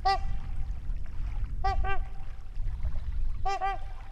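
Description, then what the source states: Trumpeter swan calls: brassy honks, single then paired, in short bursts over a constant low roar of background noise. Trumpeting calls near a lake in Wisconsin in 2019.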